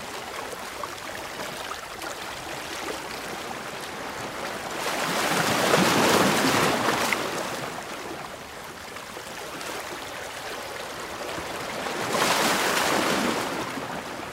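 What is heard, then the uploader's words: Ocean waves wash against rocks in a steady hiss, with a fuller surge around six seconds and another near twelve. The calming sounds of ocean waves crashing on a rocky shoreline. The gentle sound of water ebbing and flowing against the rocks.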